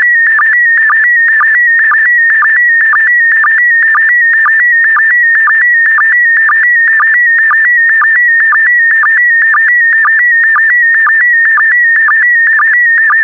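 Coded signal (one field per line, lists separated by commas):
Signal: SSTV (slow-scan television)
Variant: PD120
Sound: continuous warbling tone around 2 kHz with rapid regular low chirps about twice a second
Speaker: Get ready. Starting transmission in 5, 4, 3, 2, 1. Transmission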